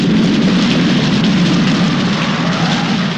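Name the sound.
rain falling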